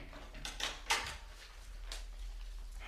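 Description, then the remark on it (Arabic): A door swings shut with a brief scrape, then a sharp latching thud, followed by a faint rattle a moment later. There is no talking. “اخرج انت، اقفل الباب يا ملعون.”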